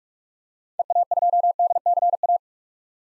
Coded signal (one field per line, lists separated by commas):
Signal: Morse code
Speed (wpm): 42 wpm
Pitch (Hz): 700 Hz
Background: none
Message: EA2DCA